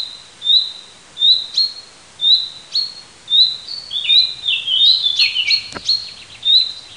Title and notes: Parco del Roccolo, Parabiago, Fringuello nel parco del Roccolo. fringuello nel parco del roccolo (giugno 2003)